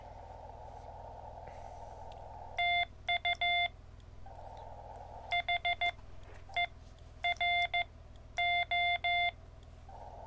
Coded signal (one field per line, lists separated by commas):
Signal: Morse code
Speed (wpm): 14 wpm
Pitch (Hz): 2100 Hz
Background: none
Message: TU HERO